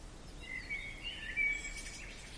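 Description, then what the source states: Eurasian blackbird giving a short, mellow whistled phrase that wavers and then breaks into a faint high squeaky flourish, with soft background hiss. Recorded 24 May 2012.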